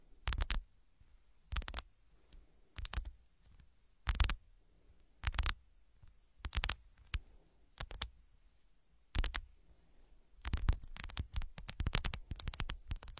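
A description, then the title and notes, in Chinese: Ear picking, heard as short scratchy, crackling rubs that come about once every second or so with quiet gaps between. Near the end, from around ten seconds on, the scraping turns rapid and continuous, a dense run of clicks and rustles. 抠耳朵（声控助眠）。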